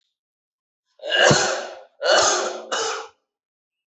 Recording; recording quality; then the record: heavy voluntary cough; excellent, no background noise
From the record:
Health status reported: healthy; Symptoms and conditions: none ticked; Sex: male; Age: 25 years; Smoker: not ticked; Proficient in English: no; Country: India